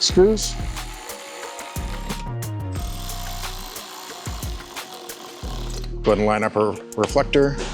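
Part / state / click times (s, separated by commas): rear reflector into rear bumper cover / not seated / none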